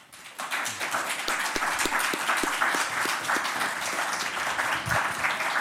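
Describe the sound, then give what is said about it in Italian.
An audience bursts into steady applause for the book's curators and for Alexander Langer, many hands clapping in a dense, sustained patter that holds at an even loudness throughout, with a few sharper individual claps standing out. “Applaudiamo i curatori, anche Alexander Langer.”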